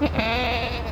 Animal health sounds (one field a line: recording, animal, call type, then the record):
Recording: contact call of a hoofed animal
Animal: goat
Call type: low-frequency (closed-mouth) or high-frequency (open-mouth) call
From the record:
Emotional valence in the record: negative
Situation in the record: short social isolation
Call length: 0.91 s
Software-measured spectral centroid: 2100 Hz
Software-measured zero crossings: 2330 a second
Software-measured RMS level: -24 dBFS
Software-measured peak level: -8 dBFS